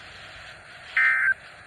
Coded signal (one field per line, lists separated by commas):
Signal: Emergency Alert System (SAME) tones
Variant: end-of-message bursts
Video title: EAS 156: Required Weekly Test for the week of 12/13/2021